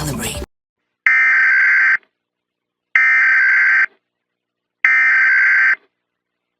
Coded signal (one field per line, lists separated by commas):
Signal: Emergency Alert System (SAME) tones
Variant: header bursts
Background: speech